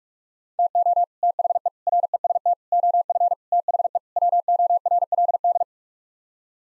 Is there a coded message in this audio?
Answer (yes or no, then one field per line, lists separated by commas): yes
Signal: Morse code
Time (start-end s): 0.6-5.6 s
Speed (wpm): 46 wpm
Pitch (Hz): 700 Hz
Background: none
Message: TO THE REST OF THE WORLD